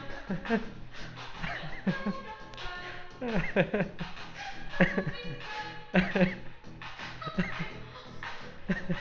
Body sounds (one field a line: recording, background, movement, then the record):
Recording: laughter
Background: music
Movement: walking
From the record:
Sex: male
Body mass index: 20.5 kg/m2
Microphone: on the chest, facing outward